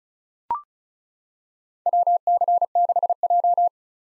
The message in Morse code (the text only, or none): WC6J